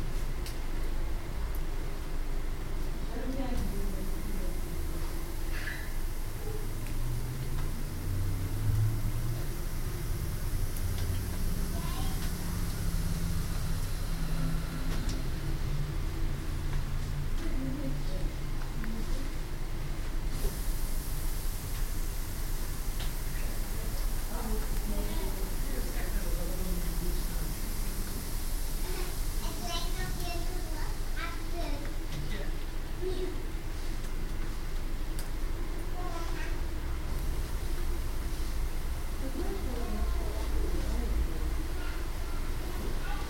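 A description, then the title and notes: A misting system hisses steadily over a deep constant rumble, its bright spray swelling in stretches while faint voices murmur in the background. Gesis en druppels van het besproeing-systeem in de Hortus Leiden. Hisses and drops of the moisturising system in the Hortus Leiden.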